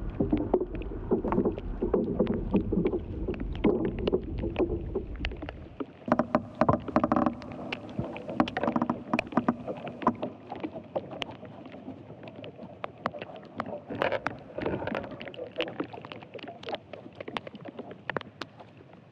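Inside an ash tree, dense crackling ticks and creaks pop continuously over a low rumble that drops away after six seconds.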